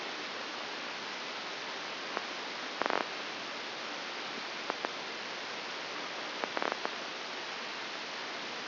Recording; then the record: brain microelectrode recording played as sound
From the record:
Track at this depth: outside the subthalamic nucleus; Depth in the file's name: 8.06 mm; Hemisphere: left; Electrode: 2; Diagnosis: Parkinson's disease